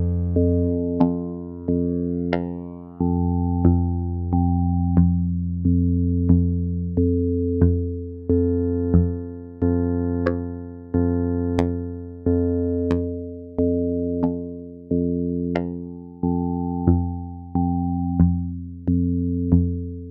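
Vactrol drone tones: a low, layered tone that is re-struck in a steady pulse roughly every second, each hit starting sharply and fading before the next. Higher overtones shift from note to note above the constant deep bass, with brief bright clicks at the attacks.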